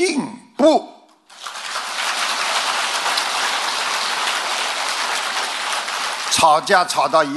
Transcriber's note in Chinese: 掌声